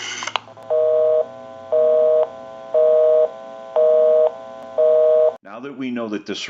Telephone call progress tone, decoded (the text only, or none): busy tone